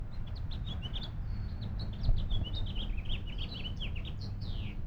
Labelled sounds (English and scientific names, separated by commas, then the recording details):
House Finch (Haemorhous mexicanus) song
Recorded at Lynbrook on Long Island, New York, on 17 June 1975
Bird E